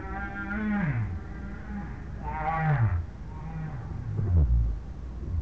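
Whale groans, three of them, each sliding downward in pitch and lasting under a second, spaced roughly every one and a half to two seconds.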